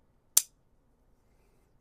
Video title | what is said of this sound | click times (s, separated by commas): Mossy Oak 13-in-1 Multitool Pliers | I like how they lock in place. | 0.4 s